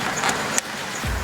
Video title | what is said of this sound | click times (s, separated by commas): CHECK ENGINE LIGHT ON NISSAN ROGUE TROUBLE CODE P0101 MAF SENSOR FIXED NISSAN | Take this wire right back in there, gently press it down, you'll hear it click. | 0.6 s